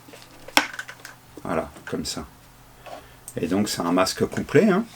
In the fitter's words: coup je ne sais pas si on perd c'est un tube qui vient se clipser la voilà